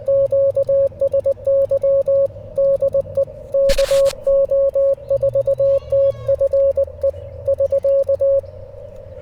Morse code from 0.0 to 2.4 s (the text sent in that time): QSY